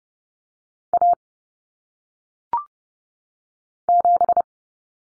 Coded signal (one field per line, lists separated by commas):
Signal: Morse code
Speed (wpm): 30 wpm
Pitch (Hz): 700 Hz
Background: none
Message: A 7